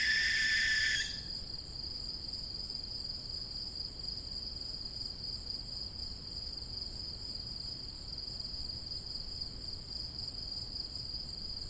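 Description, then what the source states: Barn owl hiss, harsh and breathy, already underway at the start and ending after about a second, followed by a long steady shrill insect drone. Young birds.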